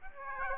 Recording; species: mosquito wingbeat signal from an infrared sensor; Aedes aegypti